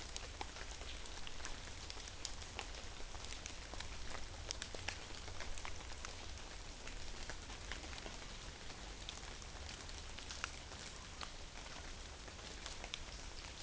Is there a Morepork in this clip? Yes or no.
no